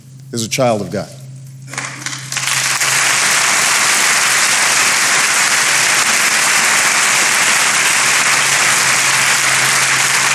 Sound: applause